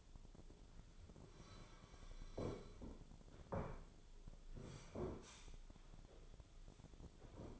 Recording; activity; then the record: daily activity, microphone in the room; sit down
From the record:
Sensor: 5